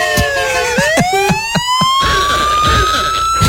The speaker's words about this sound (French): Je mets la sirène. C'est pour éviter les embouteillages.